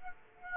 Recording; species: mosquito wingbeat signal from an infrared sensor; Aedes aegypti